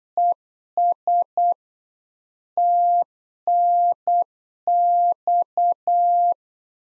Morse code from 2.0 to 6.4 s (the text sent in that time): TNX